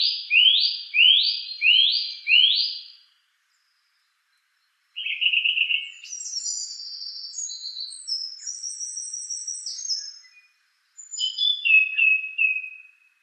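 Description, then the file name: Song thrush song: a phrase of four sharp rising notes repeated in quick succession, a pause, then a lower burred note and varied high twittering, ending in a trilled phrase. "suara kicauan burung song thrush. omkicau"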